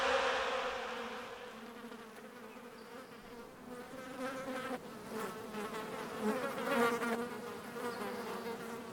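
Fly: flies buzzing as a swarm, a steady droning hum with overlapping tones that swell and fade.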